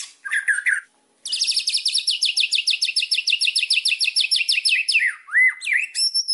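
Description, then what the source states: White-rumped shama song with a short chirp, then a long even high rattle and a few swooping whistles. Song used as a lure (pancingan) for other birds, said to provoke an immediate response; described as singing constantly (gacor).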